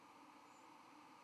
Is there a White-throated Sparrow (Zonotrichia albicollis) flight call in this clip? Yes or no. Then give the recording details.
yes. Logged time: 08:02 on 31 October 2014